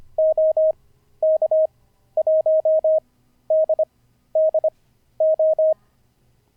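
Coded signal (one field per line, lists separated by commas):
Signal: Morse code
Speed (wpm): 25 wpm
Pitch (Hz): 630 Hz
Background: none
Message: OK1DDO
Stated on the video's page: Live-streamed daily CW learning practice session.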